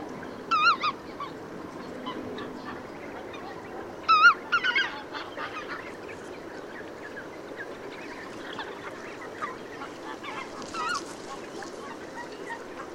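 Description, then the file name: Goose: geese calling, two short bursts of wavering honks near the start, then sparse faint calls over a steady background hiss. Recorded 5 September 2016. "Ansery Valdak 050916"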